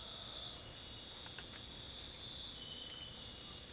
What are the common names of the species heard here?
none